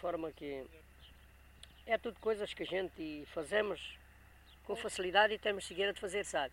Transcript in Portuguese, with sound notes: forma que [pausa] é tudo coisas que a gente fazemos com facilidade e temos cegueira de fazer, sabe?